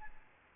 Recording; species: mosquito wingbeat signal from an infrared sensor; Aedes albopictus